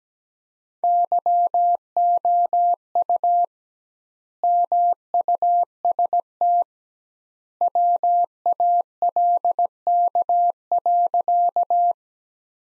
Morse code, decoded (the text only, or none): YOU MUST WALK.